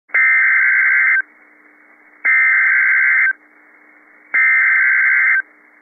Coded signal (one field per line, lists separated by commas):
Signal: Emergency Alert System (SAME) tones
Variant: header bursts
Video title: PDS Tornado Warning - EAS #1,250 - 3/25/15 6:40 PM